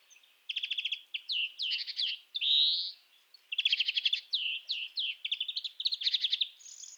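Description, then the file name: European greenfinch song: bursts of rapid ringing trills broken by a long rising buzzy wheeze in the first half, then more trilled phrases. "Chloris chloris"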